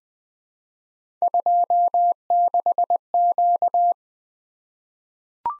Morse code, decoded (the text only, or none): 26Q